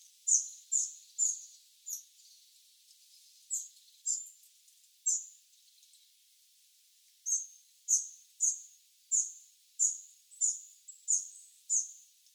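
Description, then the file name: Eurasian wren giving sharp, very high ticking calls in quick bursts, several notes then pauses, with a longer gap near the middle. "Troglodytes troglodytes"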